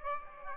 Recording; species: mosquito wingbeat signal from an infrared sensor; Aedes aegypti